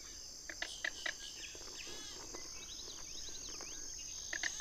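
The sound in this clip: King rail uttering short runs of harsh kek notes at the start and end, with softer twittering birds between and a steady insect buzz behind.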